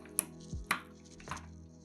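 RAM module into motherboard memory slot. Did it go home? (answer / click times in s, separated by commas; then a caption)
yes / 0.2 s, 0.7 s. A DDR4 RAM module, lined up by its notch, is pressed into the second motherboard DIMM slot, and the slot latch gives sharp clicks at 0.2 s and 0.7 s over a low steady hum. The module is seated in the slot.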